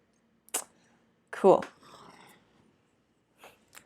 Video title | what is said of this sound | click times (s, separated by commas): Chirp.io on Hardware // What the... Wednesday? | hold it down you gotta really push it all the way to the other side and then you slide it this way and it clicks into place cool | 0.5 s